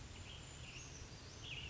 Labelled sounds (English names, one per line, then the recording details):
Brown Creeper
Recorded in Sonoma County, California